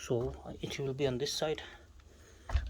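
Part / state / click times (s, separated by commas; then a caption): locking tab in its holder on an e-bike folding mechanism / seated / 2.5 s. Someone talks as the locking tab on the folding mechanism of a DYU C3 folding electric bike is slid all the way into its holder. A small metal knock comes at 2.5 s as the tab seats in its holder.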